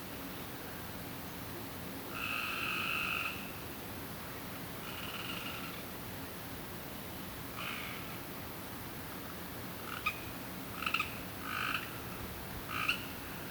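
Frog giving a loud, drawn-out croak, followed by fainter, shorter croaks and a quick burst of clipped calls near the end, with steady background hiss.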